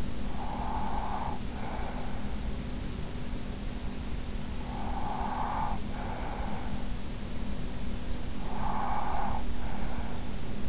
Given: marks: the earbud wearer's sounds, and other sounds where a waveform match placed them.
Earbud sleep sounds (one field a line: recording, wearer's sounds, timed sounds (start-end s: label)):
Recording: sounds in sleep by an in-ear microphone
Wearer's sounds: breath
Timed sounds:
0.00-2.42 s: breath
4.65-7.20 s: breath
8.40-10.69 s: breath